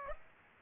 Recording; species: mosquito wingbeat signal from an infrared sensor; Aedes aegypti